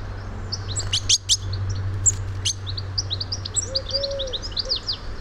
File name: Carduelis carduelis